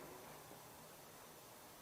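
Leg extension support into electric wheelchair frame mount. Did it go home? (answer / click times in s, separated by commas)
no / none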